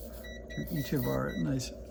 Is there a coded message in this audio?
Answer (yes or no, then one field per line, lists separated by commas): no